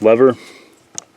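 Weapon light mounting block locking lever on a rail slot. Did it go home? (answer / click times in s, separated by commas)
yes / 1.0 s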